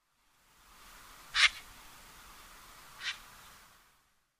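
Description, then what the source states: Solitary snipe calls, two harsh, rasping single notes about one and a half seconds apart, the first louder, against near silence. Recorded at Yanagawa, Tendo, Japan, on 8 February 2022.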